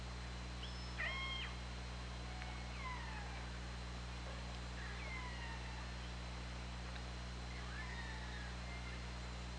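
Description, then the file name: Killer whale calls, several harmonic calls a few seconds apart, mostly sweeping downward, one with an abrupt stepped start, over a steady low hum. Recorded by OrcaLab hydrophone underwater on 24 August 2017 at 20:43. "Orca Lab 20170824 204355"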